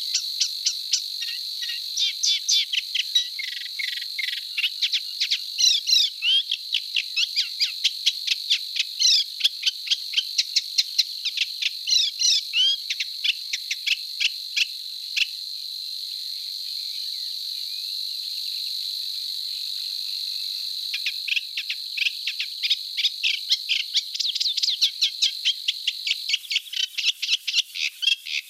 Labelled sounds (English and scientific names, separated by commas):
Eurasian Reed Warbler (Acrocephalus scirpaceus) song